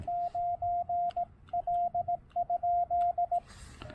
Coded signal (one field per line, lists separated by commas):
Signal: Morse code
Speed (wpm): 18 wpm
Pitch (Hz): 700 Hz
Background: radio noise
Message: 9 L?